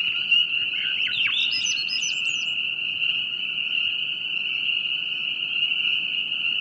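Steady high trilling frog chorus running without pause, while a bird gives a quick series of chirps early on.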